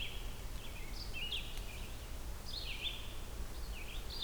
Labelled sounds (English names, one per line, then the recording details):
Red-eyed Vireo song
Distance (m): 60 m
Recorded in boreal forest in Alberta, Canada, on 16 June 2016 at 08:45
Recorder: SongMeter 3, array SBT-3-32
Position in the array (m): 49 m, 10 m